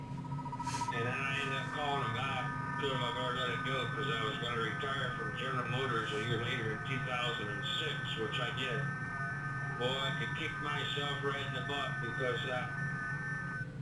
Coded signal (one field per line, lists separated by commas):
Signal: FT8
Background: speech